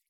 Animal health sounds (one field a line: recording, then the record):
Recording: hydrophone in a shrimp aquaculture tank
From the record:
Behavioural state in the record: feeding